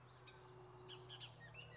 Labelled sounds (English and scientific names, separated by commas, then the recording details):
Bullock's Oriole (Icterus bullockii)
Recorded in Sonoma County, California